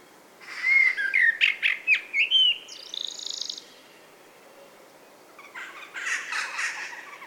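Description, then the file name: Common blackbird song: a short run of mellow fluted warbling notes, then a thin high squeaky twitter, followed by a quieter burst of scratchy chatter near the end. "Turdus merula"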